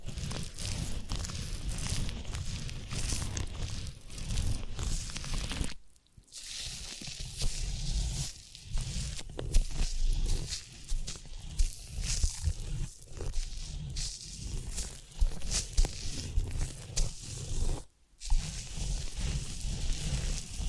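Massage and ear cleaning sounds: continuous soft rubbing and scratching with crackly, rustling textures and a low thudding undertone. Strokes come irregularly and densely, broken by brief silent pauses near 6 seconds and again around 18 seconds.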